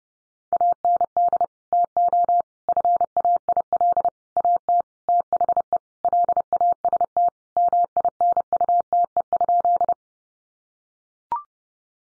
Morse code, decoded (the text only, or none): AND TO FAIL AT THE LAST MINUTE?